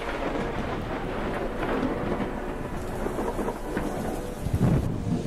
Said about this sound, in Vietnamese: Về đến cổng nhà thì quả nhiên là mưa ập xuống, sấm chớp lập lòe, trông như là giận dữ lắm.